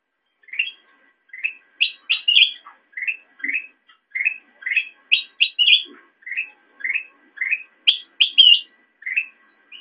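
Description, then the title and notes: Sooty-headed bulbul calling in uneven bursts of short rising chirps and higher, piercing paired notes. Recording meant as a master track for training songbirds. "suara burung kutilang buat masteran"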